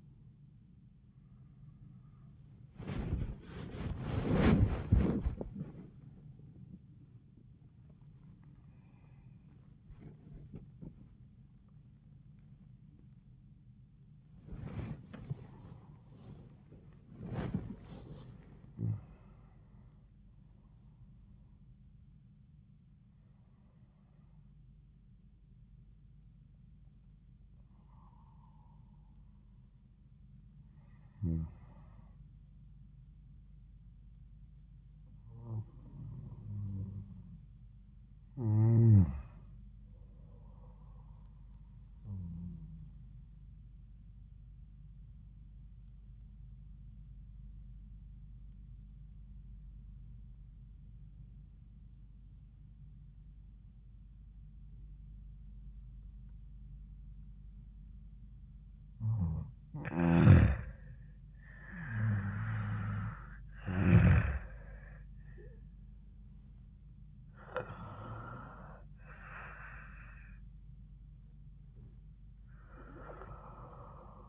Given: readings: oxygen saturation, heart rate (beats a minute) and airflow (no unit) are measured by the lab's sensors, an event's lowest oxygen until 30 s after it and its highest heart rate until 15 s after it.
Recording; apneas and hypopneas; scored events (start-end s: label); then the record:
breathing in sleep by a smartphone at the bedside; 2
1.00-31.00 s: new sleep stage, awake
3.00-17.30 s: hypopnea (scored as awake, oxygen 98% highest, then 94% lowest, heart rate 91 at the start, 98 highest)
3.00-32.00 s: awake
31.00-74.29 s: new sleep stage, N1 (lightest sleep)
43.00-59.80 s: obstructive apnea (N1, oxygen 95% highest, then 86% lowest, heart rate 80 at the start, 86 highest)
From the record:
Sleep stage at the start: N2 (light sleep); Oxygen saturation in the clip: 85 to 98%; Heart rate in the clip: 67 to 98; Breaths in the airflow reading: 10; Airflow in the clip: -13.2 to 14.5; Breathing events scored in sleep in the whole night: 400 in 8.7 hours asleep